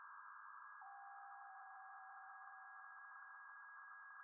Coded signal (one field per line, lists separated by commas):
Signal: PSK63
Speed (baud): 62.5 baud